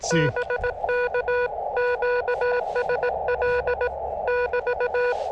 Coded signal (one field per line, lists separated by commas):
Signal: Morse code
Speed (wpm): 18 wpm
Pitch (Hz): 490 Hz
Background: none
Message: BK QSL <BT>